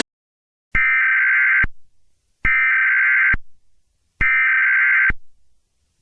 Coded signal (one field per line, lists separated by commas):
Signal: Emergency Alert System (SAME) tones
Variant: header bursts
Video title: EAS Recreation: Extreme Wind Warning due to Hurricane Helene's landfall in Florida (09/26/24)